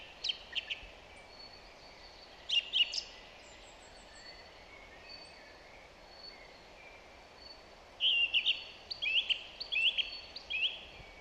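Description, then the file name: Song thrush singing: scattered sharp phrases early, a long quieter gap with faint high notes, then a rich burst of varied repeated whistles at the end. "Zanglijster Turdus philomelos"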